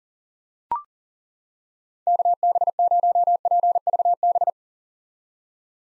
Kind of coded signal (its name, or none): Morse code